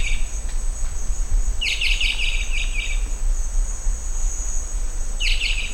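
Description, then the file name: Rondonia bushbird call: a rapid burst of sharp, high chirping notes lasting over a second, then a shorter burst near the end, over a steady insect whine and low rumbling noise. "Rondônia-bushbird"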